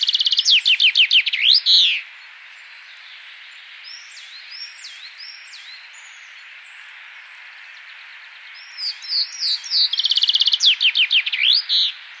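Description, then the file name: Common chaffinch song: a rapid trill of bright notes ending in a flourish, with softer chirps between, then a second full phrase near the end. "Fringilla coelebs"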